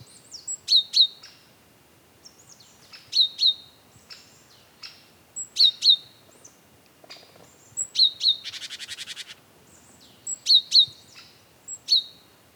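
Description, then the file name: Great tit giving repeated high double notes, pairs every few seconds, plus a harsh buzzing rattle after the fourth pair. "Parus major"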